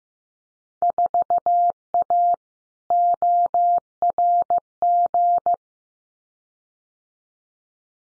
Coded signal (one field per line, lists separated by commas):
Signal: Morse code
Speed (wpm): 15 wpm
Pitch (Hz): 700 Hz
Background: none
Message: 4A ORG